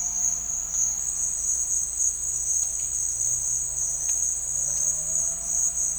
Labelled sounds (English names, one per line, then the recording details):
none
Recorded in dense forest near Puerto Asís, Putumayo, Colombia, on 18 December 2024 at 11:00
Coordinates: 0.481, -76.323
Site G100